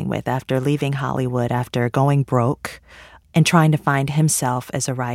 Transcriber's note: none